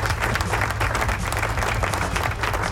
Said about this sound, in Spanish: Aplauso, please.